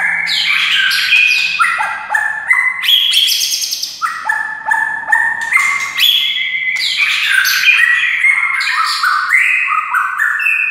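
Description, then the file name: White-rumped shama song, dense and continuous, full of varied whistles, trills and buzzy chatter with barely a pause. Wild forest bird. "suara murai hutan asli"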